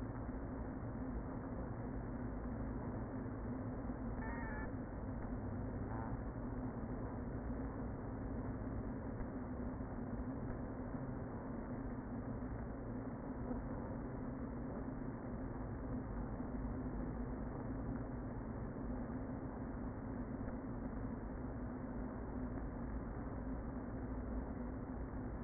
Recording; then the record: honeybee colony, microphone inside the hive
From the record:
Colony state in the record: queen present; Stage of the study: before two queens were removed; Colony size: about 60,000 bees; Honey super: yes